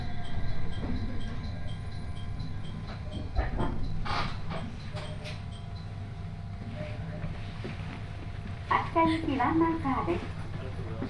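A ride on the Uetsu Main Line train from Ugo-Honjō toward Akita, with a steady low rumble of the carriage running throughout. Bursts of clatter and rattling come around four seconds, and a voice speaks near the end, from about nine to ten seconds.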